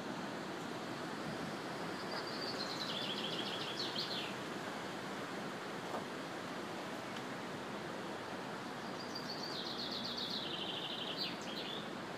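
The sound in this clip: Bird singing two separate high, fast trilled phrases several seconds apart, each ending in a brief flourish, over constant background hiss.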